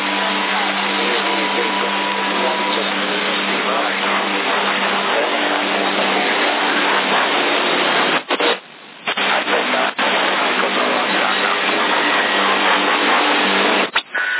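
A steady, unbroken engine drone fills the inside of a car, a dense rushing hum that holds level throughout, broken only by a couple of brief dropouts near the end.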